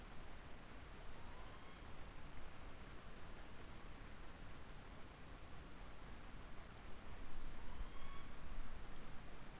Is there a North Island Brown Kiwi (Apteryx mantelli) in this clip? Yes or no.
no